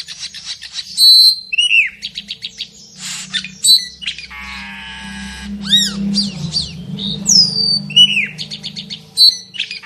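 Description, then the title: Asian glossy starling in lively song, mixing piercing whistles, downward slurs, harsh raspy stretches and rapid clicks, with a steady low hum behind. Singing energetically and continuously, in a song style called gacor full isian teler. "Burung Cucak Keling Gacor Full Isian Teler"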